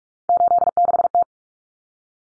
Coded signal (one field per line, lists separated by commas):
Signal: Morse code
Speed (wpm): 44 wpm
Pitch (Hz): 700 Hz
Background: none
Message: 86T